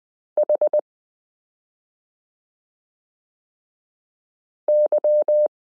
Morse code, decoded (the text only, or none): H Y